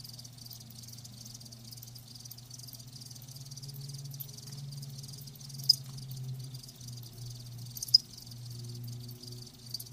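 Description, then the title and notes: Crickets chirping in a steady, faint high trill with a couple of sharp clicks, over a constant low hum. Live crickets, offered as a lulling song to help with sleep. "Live Crickets Chirping. Enjoy the lulling song of crickets"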